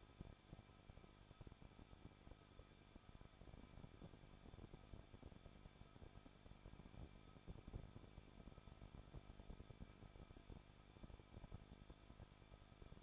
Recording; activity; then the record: daily activity, microphone in the room; no activity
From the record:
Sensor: 5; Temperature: 20.8 degrees Celsius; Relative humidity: 38.6%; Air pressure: 1006.5 hPa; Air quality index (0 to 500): 192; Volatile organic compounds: 21 ppm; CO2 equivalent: 2713 ppm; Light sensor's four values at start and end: 2/3/1/1 and 2/3/1/1